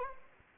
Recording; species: mosquito wingbeat signal from an infrared sensor; Anopheles arabiensis